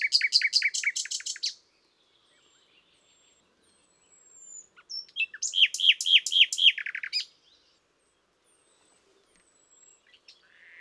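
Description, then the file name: Common nightingale singing two phrases of rapid repeated chattering notes, separated by a pause with faint thin whistles. "Luscinia megarhynchos"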